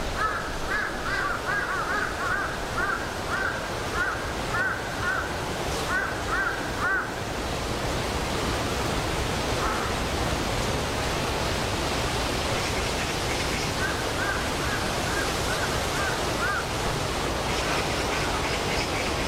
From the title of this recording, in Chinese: 森林间的风